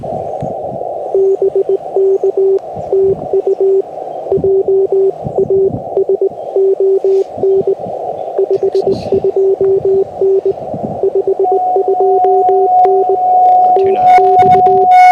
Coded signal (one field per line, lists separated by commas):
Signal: Morse code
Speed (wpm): 20 wpm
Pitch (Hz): 390 Hz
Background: radio noise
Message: BK TU JASON 52N 52N TX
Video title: Dummy accidentally uses dummy load for POTA! #cw #parksontheair #hamradio #qrp